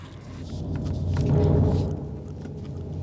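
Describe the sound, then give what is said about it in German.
A low, rolling rumble of distant thunder from an approaching thunderstorm swells to a peak midway and then slowly fades, a deep continuous growl with no voices over it. “Das Gewitter kommt näher.”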